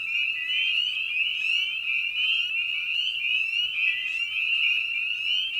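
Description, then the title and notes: Massed spring peepers give piercing, rising peeps that blend into one unbroken high chorus. Evening at a frog pond. "Night of the Peepers. In this episode we return to the frog pond for a meditative evening. Species in Focus: Spring Peeper (Pseudacris crucifer). Ian Carlsen"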